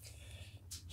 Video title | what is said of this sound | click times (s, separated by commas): SETRA S416LE business - présentation et fonctionnement | tourne donc là on a entendu les plaques de fermeture on ramène la clé à l'horizontale et | 0.7 s